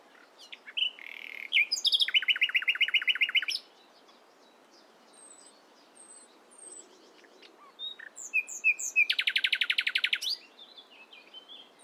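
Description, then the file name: Common nightingale song, rich rapid trills and rattling notes, a quieter gap with soft high chirps, then another loud fast repeated burst. "Luscinia megarhynchos"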